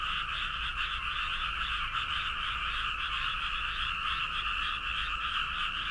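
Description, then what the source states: Many frogs croak together in a constant, pulsing chorus that never pauses, backed by a low-pitched rumble. Toyota, Aichi.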